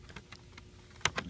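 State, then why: Released. After its two screws are removed, the hard drive section of an HP ProBook 4510s laptop is pushed forward in its bay to disconnect it from its connector so it can come out. A few faint light ticks come first, then a sharp click at 1.1 s and a softer one just after at 1.2 s. The drive is released from its connector.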